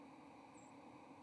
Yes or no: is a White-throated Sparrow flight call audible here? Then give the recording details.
yes. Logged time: 10:51 on 30 October 2014